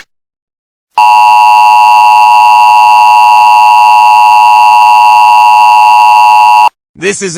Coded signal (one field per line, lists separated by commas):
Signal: Emergency Alert System (SAME) tones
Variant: 853 and 960 Hz attention tone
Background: speech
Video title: EAS Scenario: Supernatural Havoc